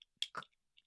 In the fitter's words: clip snap into place at the top once you push that it snaps into place and